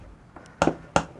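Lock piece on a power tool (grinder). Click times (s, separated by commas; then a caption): 1.0 s. A locking piece on a power tool, likely a grinder, is slid along until it fits. After a faint tick, two sharp, loud hits ring out, and the lock clicks into place at about 1.0 seconds, leaving it seated and locked.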